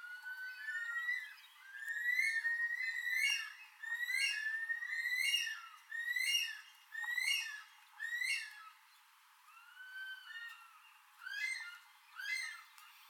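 Bush stone-curlew wailing calls: a run of rising, drawn-out whistles with bright overtones, repeated roughly once a second, fading briefly before resuming near the end.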